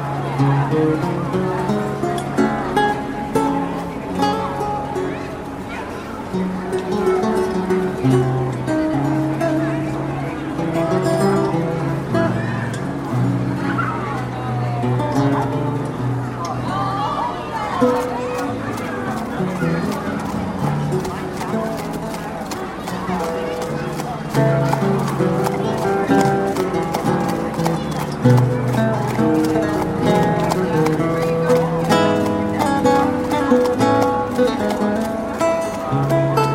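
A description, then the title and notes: A lute plays a steady, flowing melody of plucked notes while voices chatter. From about the middle onward, horse hooves clop in a quick, regular beat beneath the music. The mix stays full and even throughout. Renaissance Village Ambience | Lute Music and Market Sounds. A lute player strums soothing melodies, people chatter, and horses trot by on a relaxing afternoon at the village market.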